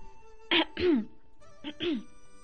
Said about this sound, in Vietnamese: Lạc Thập Nhất đứng bên Thế Tôn, thấy cảnh tượng đằng xa, xoay lưng lại khẽ ho khan vài tiếng.